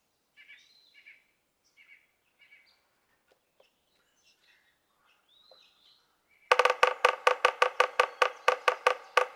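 Yellow-bellied sapsucker giving a few soft nasal mews, then loud, rapid tapping that continues to the end.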